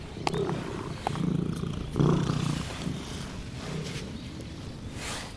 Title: 2/17 哲学の道のアイドル猫ハチさんにインタビューする